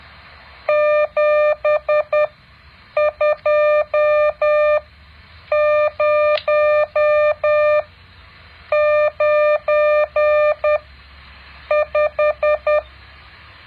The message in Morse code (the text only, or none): 72095